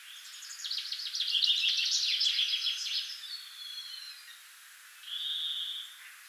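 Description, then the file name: Common chaffinch song, a quick cascading trill of sharp notes with a flourish at the end, followed by a short thin whistled note, over a light background hiss. "Fringilla coelebs"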